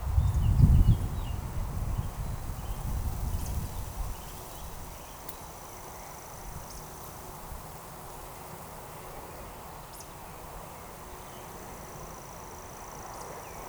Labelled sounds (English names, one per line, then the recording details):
Eurasian Woodcock
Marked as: woodcock, woodcock, woodcock, woodcock, woodcock
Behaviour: display flight
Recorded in Baden-Württemberg, Germany, on 13 June 2020 at 19:19 UTC
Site 43791, 788 m above sea level